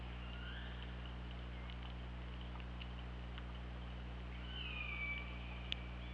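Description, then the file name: Killer whale call: a faint harmonic call early on, then a clearer drawn-out whistle-like call near the end, over a steady low underwater hum. Recorded by OrcaLab hydrophone on 24 August 2017 at 21:18:28. "Orca Lab UTLN JASON 20170824 211828"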